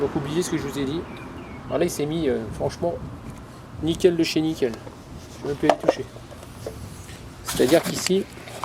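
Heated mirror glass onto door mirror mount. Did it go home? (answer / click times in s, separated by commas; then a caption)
no / none. Someone talks while handling a replacement heated mirror glass at the driver-side door mirror mount of a Mercedes during a repair of the exterior mirror de-icing. A brief sharp sound cuts in right at the end, around 8.6 s, but nothing has seated or clicked into place yet.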